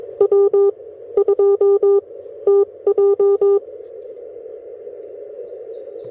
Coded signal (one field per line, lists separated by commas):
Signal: Morse code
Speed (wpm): 21 wpm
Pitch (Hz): 400 Hz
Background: none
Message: W2TJ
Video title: My first visit to Shiloh National Battlfield - POTA